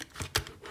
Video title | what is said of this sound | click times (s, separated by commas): Video Review: Transformers: Power of the Primes - Leader Class OPTIMAL OPTIMUS | the arm rotates up and around and it clicks into place on both ends so you just kind of rotate this up and snap it into place | 0.4 s